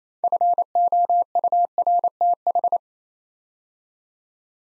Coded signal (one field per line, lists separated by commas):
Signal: Morse code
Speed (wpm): 29 wpm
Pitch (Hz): 700 Hz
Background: none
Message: FOURTH